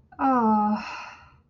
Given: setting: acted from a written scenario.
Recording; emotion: vocal sound without words; disappointment